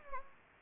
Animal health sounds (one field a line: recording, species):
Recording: mosquito wingbeat signal from an infrared sensor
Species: Anopheles gambiae